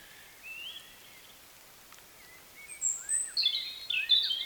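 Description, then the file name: European robin song, a faint thin warble at first, then after a pause a louder burst of high, rapid tinkling notes and down-slurred whistles. "Erithacus rubecula"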